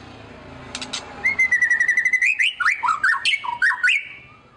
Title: PANCINGAN MEWAH MURAI BATU GACOR, SEKALI DENGAR AMPUH LANGSUNG RESPON